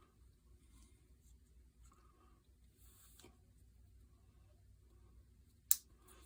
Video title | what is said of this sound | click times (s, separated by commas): A Beginner's Guide To Painting and Building a 572 Big Block Out of 3D Resin | Okay, snapped right into place. Nice fit. | 5.7 s